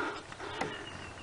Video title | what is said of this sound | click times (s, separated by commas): BMW will not start ? / BMW Crank's but will not start ? Easy fix Watch this!! | and then you should hear is snap | 0.3 s